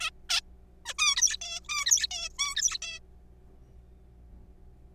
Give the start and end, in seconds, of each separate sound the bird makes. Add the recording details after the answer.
0.01-0.10, 0.29-0.40, 0.86-0.94, 0.99-1.16, 1.16-1.37, 1.41-1.60, 1.65-1.68, 1.69-2.07, 2.11-2.29, 2.39-2.78, 2.82-2.99. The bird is a juvenile. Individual R3428